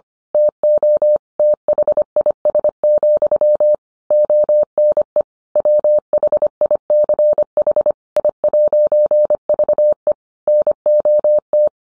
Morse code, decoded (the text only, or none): TO THIS, ONE WHICH I'VE NOT